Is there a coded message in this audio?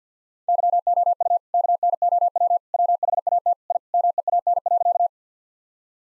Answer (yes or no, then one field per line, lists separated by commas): yes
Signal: Morse code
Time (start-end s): 0.5-5.1 s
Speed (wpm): 50 wpm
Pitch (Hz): 700 Hz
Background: none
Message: YOU KNOW WHAT I MEAN.